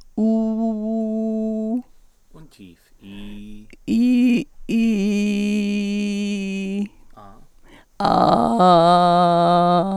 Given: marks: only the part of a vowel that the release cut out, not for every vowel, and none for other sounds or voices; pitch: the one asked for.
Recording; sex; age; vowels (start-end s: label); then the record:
sustained vowels; female; 70 to 79 years
0.23-1.69 s: vowel /u/, high pitch
4.80-6.72 s: vowel /i/, low pitch
8.07-9.81 s: vowel /a/, low pitch
From the record:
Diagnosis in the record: recurrent laryngeal nerve paralysis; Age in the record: 73 years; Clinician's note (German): Alte, kompensiert